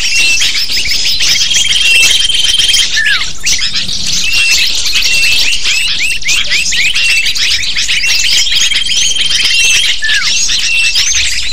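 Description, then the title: Lovebird flock giving nonstop high, sharp chirps and squeals, overlapping in a busy chorus with occasional drawn-out thin tones. Lure recording (pikat) used to attract lovebirds. "PIKAT BURUNG LOVEBIRD"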